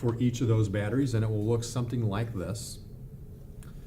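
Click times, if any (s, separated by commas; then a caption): 3.6 s. Someone talks for the first two and a half seconds, then there is quiet before a single short click at 3.6 s as a Red One camera battery pack is pushed into the groove of its battery charger. The battery seats in the charger.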